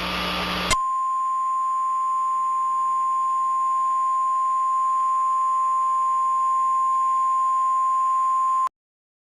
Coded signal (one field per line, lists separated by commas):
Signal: Emergency Alert System (SAME) tones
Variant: 1050 Hz attention tone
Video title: EAS alert (use this as a prank!)